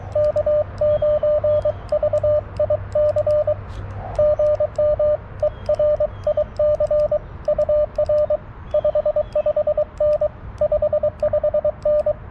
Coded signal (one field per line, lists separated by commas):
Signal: Morse code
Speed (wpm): 23 wpm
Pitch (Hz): 1200 Hz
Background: radio noise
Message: K9VIC GM ERIC UR 55N 55N